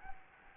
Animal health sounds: mosquito wingbeat signal from an infrared sensor; Anopheles gambiae

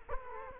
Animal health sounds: mosquito wingbeat signal from an infrared sensor; Culex quinquefasciatus

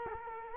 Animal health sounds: mosquito wingbeat signal from an infrared sensor; Culex quinquefasciatus

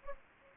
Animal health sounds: mosquito wingbeat signal from an infrared sensor; Anopheles gambiae

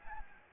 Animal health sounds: mosquito wingbeat signal from an infrared sensor; Anopheles gambiae

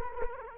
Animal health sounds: mosquito wingbeat signal from an infrared sensor; Culex quinquefasciatus

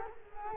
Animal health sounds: mosquito wingbeat signal from an infrared sensor; Culex quinquefasciatus

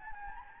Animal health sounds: mosquito wingbeat signal from an infrared sensor; Anopheles gambiae

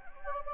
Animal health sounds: mosquito wingbeat signal from an infrared sensor; Anopheles gambiae

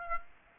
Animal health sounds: mosquito wingbeat signal from an infrared sensor; Aedes aegypti

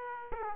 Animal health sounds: mosquito wingbeat signal from an infrared sensor; Aedes aegypti

